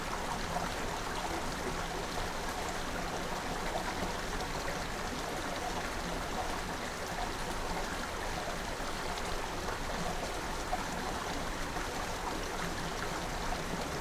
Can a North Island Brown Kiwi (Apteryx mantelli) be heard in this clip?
no